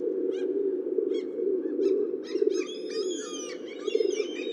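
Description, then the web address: Pigeons coo in a low, steady hum while small birds chirp and twitter busily above it. "sound Columbidae"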